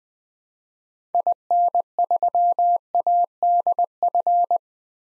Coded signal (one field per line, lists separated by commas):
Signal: Morse code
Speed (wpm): 20 wpm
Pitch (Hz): 700 Hz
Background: none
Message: IN3ADF